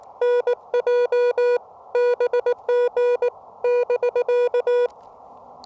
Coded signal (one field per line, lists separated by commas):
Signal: Morse code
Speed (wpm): 18 wpm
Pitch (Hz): 490 Hz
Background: music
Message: NJ BG <BK>